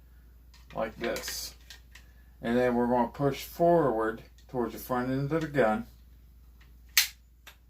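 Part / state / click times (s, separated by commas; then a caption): feed ramp into carbine receiver / seated / 7.0 s. During reassembly of a Volunteer Enterprises Commando Mark 45 Tommy-gun-style carbine, someone talks while the metal feed ramp is slid down into the receiver and pushed forward toward the front of the gun. A sharp click is heard at 7.0 s as the feed ramp seats into place.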